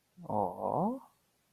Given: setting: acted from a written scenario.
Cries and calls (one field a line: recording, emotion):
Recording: vocal sound without words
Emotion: desire